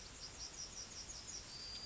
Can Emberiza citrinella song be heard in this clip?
yes